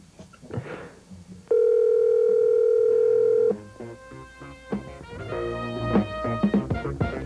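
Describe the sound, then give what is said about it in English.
A telephone ringing tone over a call line: one steady, loud electronic tone lasting about two seconds, then a jumble of softer tonal sounds and clicks afterward. “I think we're calling the same number.”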